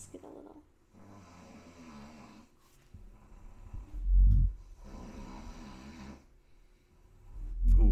Our entire background music is snoring. From our father.